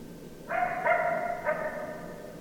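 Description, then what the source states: Coyote howling, a sustained harmonic wavering note broken by two quick pitch breaks, over a low steady background hiss. Coyotes recorded on 10 December 2012.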